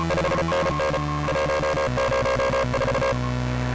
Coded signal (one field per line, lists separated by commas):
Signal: Morse code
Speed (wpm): 34 wpm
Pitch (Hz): 530 Hz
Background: music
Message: 5NN 104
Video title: Moog Sub Phatty + Ham Radio